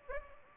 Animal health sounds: mosquito wingbeat signal from an infrared sensor; Anopheles gambiae

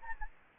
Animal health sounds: mosquito wingbeat signal from an infrared sensor; Aedes albopictus

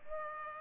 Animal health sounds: mosquito wingbeat signal from an infrared sensor; Culex pipiens

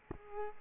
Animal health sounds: mosquito wingbeat signal from an infrared sensor; Culex quinquefasciatus

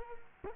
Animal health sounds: mosquito wingbeat signal from an infrared sensor; Culex quinquefasciatus

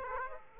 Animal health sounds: mosquito wingbeat signal from an infrared sensor; Aedes aegypti

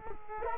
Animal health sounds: mosquito wingbeat signal from an infrared sensor; Culex quinquefasciatus

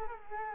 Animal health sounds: mosquito wingbeat signal from an infrared sensor; Culex quinquefasciatus

